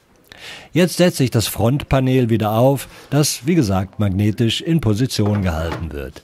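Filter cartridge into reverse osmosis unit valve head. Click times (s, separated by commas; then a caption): 0.3 s. A new filter cartridge is pushed gently all the way into its shaft in an Osminion SLIM Mix 800 GPD Direct Flow reverse osmosis unit until it engages in the valve disc of the valve head. A short, sharp double click comes at 0.3 s and 0.3 s, and the cartridge is seated. Then someone talks.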